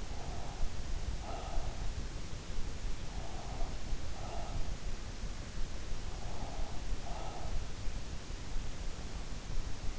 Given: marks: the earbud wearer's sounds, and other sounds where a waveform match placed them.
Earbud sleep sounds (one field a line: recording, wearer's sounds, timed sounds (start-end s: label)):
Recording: sounds in sleep by an in-ear microphone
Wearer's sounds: breath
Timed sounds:
0.00-2.05 s: breath
2.90-4.93 s: breath
5.88-7.96 s: breath